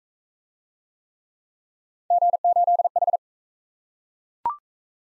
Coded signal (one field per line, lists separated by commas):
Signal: Morse code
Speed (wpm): 34 wpm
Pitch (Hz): 700 Hz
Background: none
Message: G8H